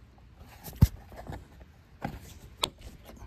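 During a trailer hitch and step installation on a Mercedes Sprinter van, the lower trim piece is worked into position around the rear step and hitch surround, with muffled bumps and handling thuds around 0.8 s and 2.1 s. A sharp final push brings a crisp click at 2.6 s as the piece snaps home, seated.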